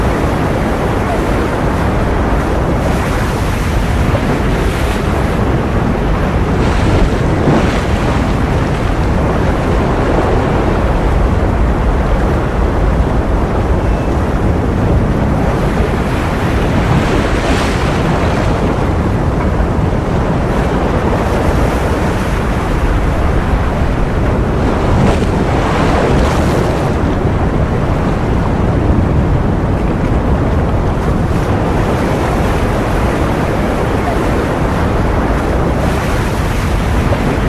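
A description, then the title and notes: Ocean waves roll in a steady, dense wash that fills the low and middle range without pause. Brighter surges of surf stand out around 17, 25 and 27 seconds, and a rough wind rumble on the microphone runs underneath throughout. White Noise Natural Ocean. Tiếng sóng biển.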